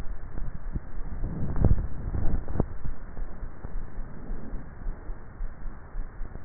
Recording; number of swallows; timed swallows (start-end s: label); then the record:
swallowing sounds by neck microphone; 1
1.58-2.72 s: swallow
From the record:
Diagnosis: dysphagia